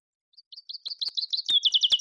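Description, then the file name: Common chaffinch song, a short run of high notes that speeds up and grows louder into a rapid trill of emphatic repeated notes. "Fringilla coelebs"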